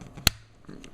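A metal plunger stem with its knob is slid into a headlight switch body and pushed up until it latches. A single sharp, bright click sounds at 0.3 s, followed by only faint handling noise. The plunger is seated, clicked home in the switch.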